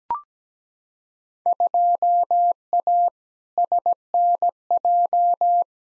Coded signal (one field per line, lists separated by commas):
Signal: Morse code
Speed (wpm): 17 wpm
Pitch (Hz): 700 Hz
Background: none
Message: 2A SNJ